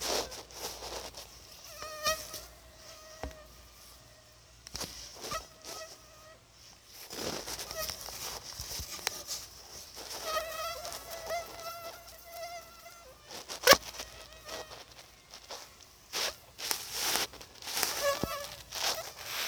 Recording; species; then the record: mosquito flight sound by mobile phone; Anopheles arabiensis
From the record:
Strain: Dongola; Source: CDC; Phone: Sony Xperia